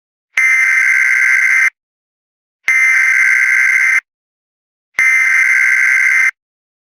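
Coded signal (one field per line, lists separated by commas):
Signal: Emergency Alert System (SAME) tones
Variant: header bursts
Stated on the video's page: Simulated EAS screen test using EASyPLUS; tones may be valid or invalid.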